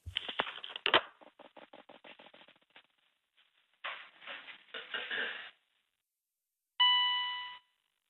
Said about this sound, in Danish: Den der bip, det er ligesom sådan en ubådsping. Hør det? Jo, det er det faktisk.